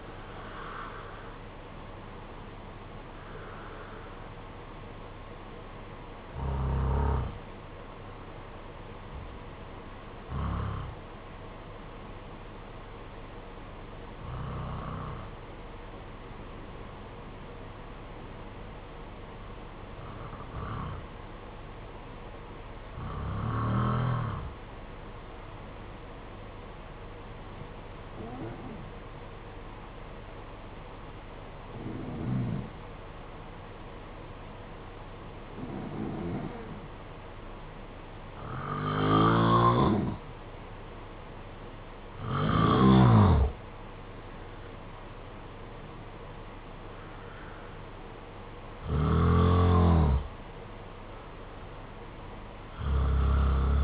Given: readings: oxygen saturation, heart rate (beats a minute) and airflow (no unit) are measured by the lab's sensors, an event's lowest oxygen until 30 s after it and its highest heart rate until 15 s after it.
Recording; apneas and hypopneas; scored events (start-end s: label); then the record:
breathing in sleep by a voice recorder at the bedside; 1
16.00-39.00 s: hypopnea (N1, oxygen 95% highest, then 88% lowest, heart rate 52 at the start, 68 highest)
44.00-53.84 s: new sleep stage, N2 (light sleep)
From the record:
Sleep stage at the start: N1 (lightest sleep); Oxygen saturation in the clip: 85 to 95%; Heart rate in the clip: 52 to 68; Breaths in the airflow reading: 13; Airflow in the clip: -5.5 to 7.1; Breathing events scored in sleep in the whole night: 476 in 9.7 hours asleep